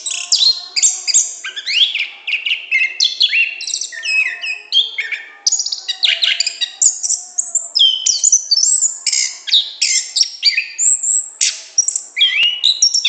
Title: Anis Kembang Gacor Ngeplong Istimewa Suara Burung